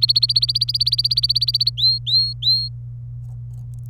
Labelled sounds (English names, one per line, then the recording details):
Domestic Canary song
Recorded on 27 April 2018 at 15:20
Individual llb3